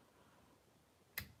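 A metal cylinder sleeve on a salvaged 2.5R nitro racing engine for a T-Maxx RC truck is pressed down slightly over the piston into the crankcase. After quiet low background noise, a single sharp, bright click is heard at 1.2 s. The sleeve seats into place and the fit is confirmed as good.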